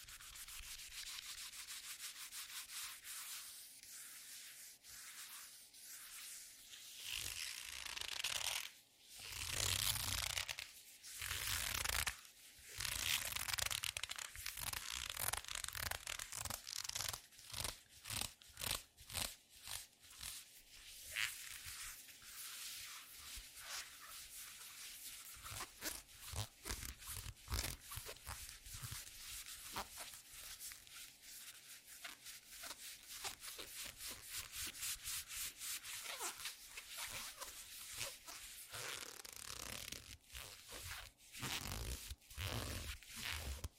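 A leather glove rubs and creaks in rapid bursts, steady scuffing at first, then choppy crunchy squeezes repeating quickly through the rest.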